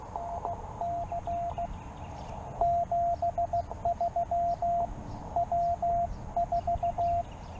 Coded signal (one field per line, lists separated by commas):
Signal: Morse code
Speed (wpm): 16 wpm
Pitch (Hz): 690 Hz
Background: radio noise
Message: NC 73 W4